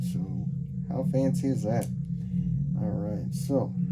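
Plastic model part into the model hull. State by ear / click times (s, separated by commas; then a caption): not seated / none. A plastic part for a scale Enterprise 1701-D starship model is handled near its mount in the model hull, over a steady low hum while someone talks. Nothing has seated or clicked yet; the part has not locked into place by the end of the clip.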